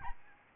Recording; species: mosquito wingbeat signal from an infrared sensor; Aedes albopictus